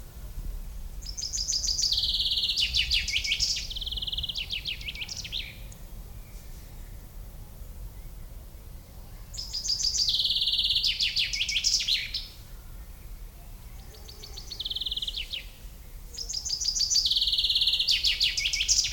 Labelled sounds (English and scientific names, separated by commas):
Common Chaffinch (Fringilla coelebs)